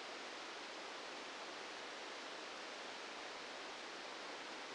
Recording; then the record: brain microelectrode recording played as sound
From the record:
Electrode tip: outside the subthalamic nucleus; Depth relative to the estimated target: -4 mm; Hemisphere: left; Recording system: NeuroSet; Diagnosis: Parkinson's disease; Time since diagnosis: 8 years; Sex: male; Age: 59 years